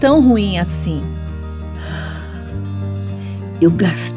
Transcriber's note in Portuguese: Suspiro